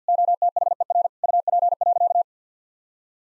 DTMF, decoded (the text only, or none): none